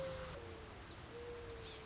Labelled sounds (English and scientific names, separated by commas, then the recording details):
Mourning Dove (Zenaida macroura)
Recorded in Sonoma County, California